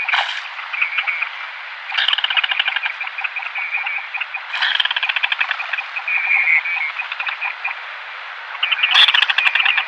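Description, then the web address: Goosander giving display calls: several bursts of fast, clicking, croaky notes, each starting with a sharper accent. "Schulze Peter Goosander display"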